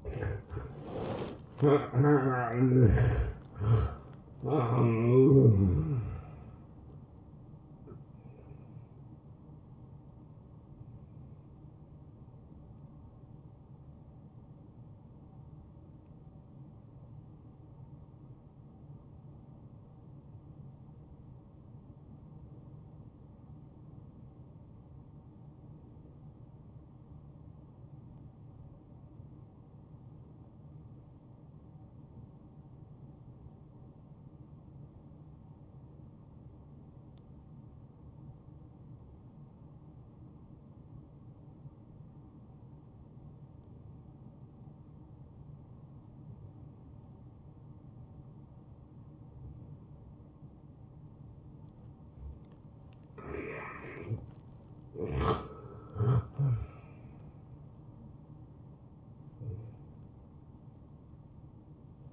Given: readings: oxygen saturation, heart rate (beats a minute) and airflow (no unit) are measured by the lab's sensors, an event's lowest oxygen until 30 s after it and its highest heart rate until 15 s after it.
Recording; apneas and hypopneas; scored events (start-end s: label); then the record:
breathing in sleep by a smartphone at the bedside; 1
13.00-62.13 s: new sleep stage, N1 (lightest sleep)
19.00-52.40 s: obstructive apnea (N1, oxygen 96% highest, then 86% lowest)
From the record:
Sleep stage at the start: N2 (light sleep); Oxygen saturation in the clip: 85 to 96%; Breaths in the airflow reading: 7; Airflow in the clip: -14.3 to 9.9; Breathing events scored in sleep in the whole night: 263 in 5.5 hours asleep